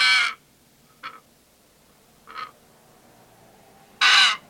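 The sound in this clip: Pesquet's parrot with harsh, raspy screeches: a loud call at the start, two short softer rasps, then another loud grating call at the end.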